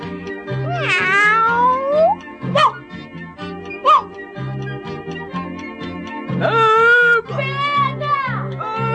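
A cat lets out several drawn-out meows that rise and fall in pitch, with a few shorter, sharper calls in between, all over a steady, rhythmic musical backing.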